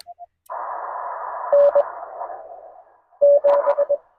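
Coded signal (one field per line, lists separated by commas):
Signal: Morse code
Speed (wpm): 21 wpm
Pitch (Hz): 570 Hz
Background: none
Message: N 7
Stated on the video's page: CW Parks on the Air activation by a CW newbie: Yaesu FT-891, 17-foot telescoping whip, 50 watts on 20 metres, rain later.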